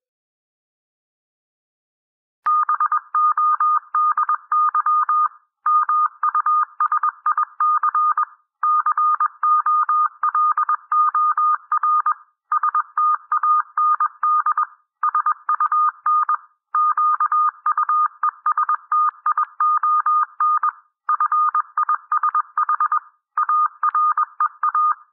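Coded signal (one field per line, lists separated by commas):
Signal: Morse code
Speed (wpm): 21 wpm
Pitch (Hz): 1220 Hz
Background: none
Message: BODY MUSIC COLOR STAND SUN QUESTION FISH AREA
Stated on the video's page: Morse reading practice at 18 to 21 wpm.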